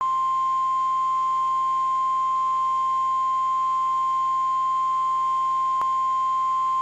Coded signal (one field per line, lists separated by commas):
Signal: Emergency Alert System (SAME) tones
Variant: 1050 Hz attention tone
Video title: TN SVR EAS #556